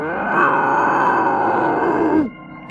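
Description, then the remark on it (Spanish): A werewolf lets out one long, loud, raspy growling roar that holds steady for about two seconds, then cuts off, followed by a brief sharp snarl at the very end. “El hijo del lobo por cuya mordedura en las noches de luna llena me convierto en hombre lobo, en bestia, en la más feroz de las bestias.”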